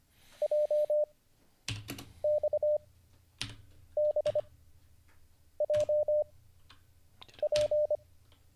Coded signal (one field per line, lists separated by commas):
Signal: Morse code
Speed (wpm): 25 wpm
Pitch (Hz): 600 Hz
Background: none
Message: JXBJP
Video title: How to Learn Morse Code (Day 38) [Livestream]